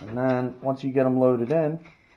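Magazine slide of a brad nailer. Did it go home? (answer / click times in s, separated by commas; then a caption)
no / none. Someone talks while handling the sliding magazine of a Metabo HPT 18-gauge brad nailer after loading a strip of 2-inch 18-gauge brad nails into it. The magazine has not yet been pushed up to latch, so nothing has seated or clicked yet.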